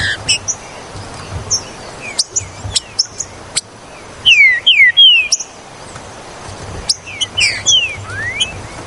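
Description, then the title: Green-winged saltator song: several loud downslurred whistled notes in a quick burst near the middle, among scattered sharp chirps and clicks, with faint high background chirping. "Trinca Ferro Ao Maximo Trinca Ferro"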